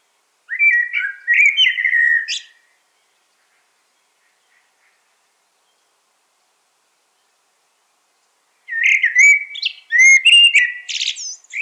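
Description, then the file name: Common blackbird song: two warbled phrases about six seconds apart, each with low fluty notes topped by high, scratchy twittering; long silence between them. "Turdus merula"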